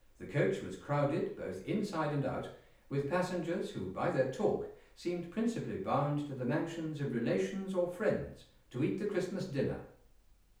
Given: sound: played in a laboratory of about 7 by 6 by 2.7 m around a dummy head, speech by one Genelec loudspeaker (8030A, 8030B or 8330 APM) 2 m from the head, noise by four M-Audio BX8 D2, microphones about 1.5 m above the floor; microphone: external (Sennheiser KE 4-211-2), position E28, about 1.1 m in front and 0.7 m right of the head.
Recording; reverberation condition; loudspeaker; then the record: male speech in English; medium; 120 degrees to the left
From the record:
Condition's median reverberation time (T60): about 510 ms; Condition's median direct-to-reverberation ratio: about -0.5 dB